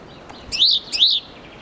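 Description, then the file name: Great tit giving a single couplet of two high, arched chirps in quick succession against a quiet background. "Parus major"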